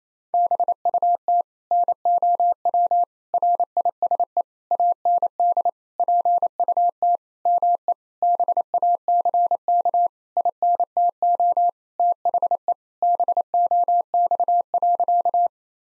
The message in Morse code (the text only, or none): BUT NOW RISE AND PUT ME BACK INTO THE BOX.